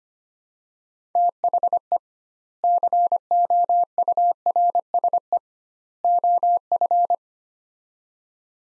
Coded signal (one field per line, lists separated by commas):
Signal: Morse code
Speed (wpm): 25 wpm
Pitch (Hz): 700 Hz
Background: none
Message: THE COURSE OF